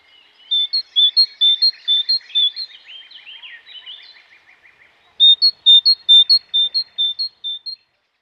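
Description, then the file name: Great tit song: bright two-note phrases repeated rapidly in two bursts of several notes, with a softer twittering passage between them. "mesange charbonniere"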